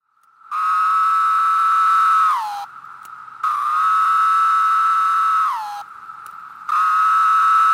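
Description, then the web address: Linnaeus's 17-year cicada song: long steady buzzing whines, each ending in a falling slur, repeated about every three seconds with quieter buzz between. "The Songs of Insects. Linnaeus's 17-year Cicada"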